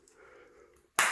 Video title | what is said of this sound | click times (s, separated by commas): Canada made some AMAZING Boots 👢🥾🥾👢 | If I pop that out, then the boot unlaces instantly. | 1.0 s